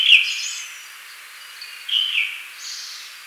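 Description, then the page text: Tickell's thrush singing a brief sequence of a few clear whistled notes, the louder ones coming at the start and near the middle. "Tickells Thrush Song. Quick Sounds"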